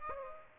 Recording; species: mosquito wingbeat signal from an infrared sensor; Aedes aegypti